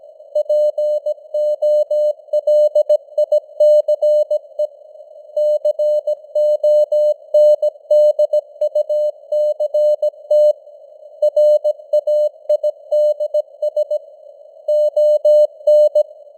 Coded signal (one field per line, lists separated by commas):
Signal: Morse code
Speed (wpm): 17 wpm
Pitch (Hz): 600 Hz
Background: none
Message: POLICE CONDUCT RAIDS ON